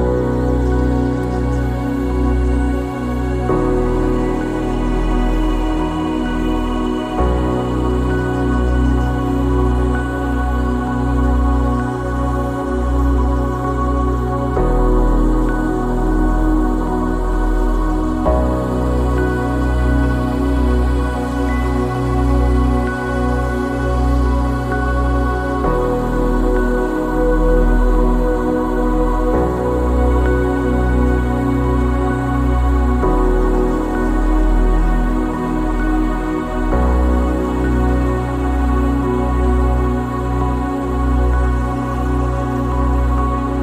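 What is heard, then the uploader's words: Gentle piano plays slow sustained chords that change every few seconds, with soft low notes underneath and a steady, even loudness throughout. Faint high textures sit quietly above the music, possibly birdsong. Relaxing Music, Gentle Piano Notes & Peaceful Birds Singing In A Blossoming Field. Gentle piano melodies sweep over the air, accompanied by the soft singing of birds.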